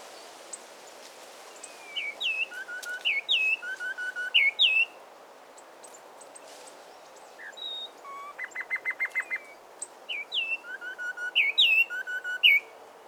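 Peruvian wren song: bright whistled phrases, a pause, then a quick series of repeated notes followed by more whistled phrases.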